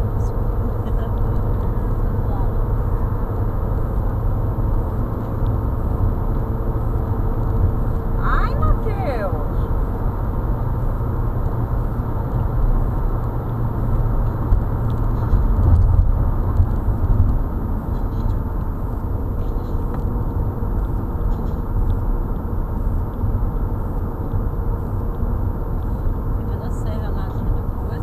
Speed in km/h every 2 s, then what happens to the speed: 104, 105, 104, 109, 112, 114, 114, 113, 106, 93, 82, 83, 85, 85.
0-13 speeds up to 114. 13-20 brakes to 82. 20-28 steady at about 83.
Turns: none.